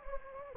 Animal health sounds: mosquito wingbeat signal from an infrared sensor; Anopheles gambiae

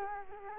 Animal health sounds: mosquito wingbeat signal from an infrared sensor; Culex quinquefasciatus

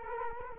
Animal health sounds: mosquito wingbeat signal from an infrared sensor; Culex quinquefasciatus

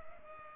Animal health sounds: mosquito wingbeat signal from an infrared sensor; Culex pipiens

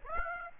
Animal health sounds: mosquito wingbeat signal from an infrared sensor; Aedes aegypti

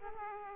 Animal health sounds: mosquito wingbeat signal from an infrared sensor; Aedes aegypti

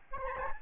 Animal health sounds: mosquito wingbeat signal from an infrared sensor; Aedes albopictus

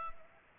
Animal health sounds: mosquito wingbeat signal from an infrared sensor; Culex pipiens

